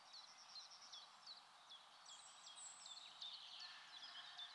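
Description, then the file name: Dunnock song: a quiet, high, hurried warble of thin jingling notes running on continuously, with steady background hiss. "Accenteur mouchet"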